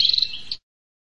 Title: Suara Prenjak Ribut Buat Pikat Burung Prenjak Kepala Merah Prenjak Tamu